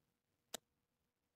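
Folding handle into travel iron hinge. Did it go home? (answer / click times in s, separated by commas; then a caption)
yes / 0.6 s. The folding handle of a portable travel steam iron is rotated into its 180-degree position on the hinge and held close to the microphone. A single small, sharp click is heard at 0.6 s against quiet background. The click means the handle has locked into place.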